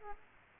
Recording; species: mosquito wingbeat signal from an infrared sensor; Aedes aegypti